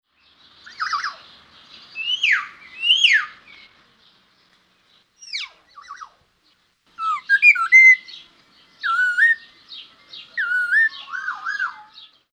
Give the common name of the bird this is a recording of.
Grey-sided Laughingthrush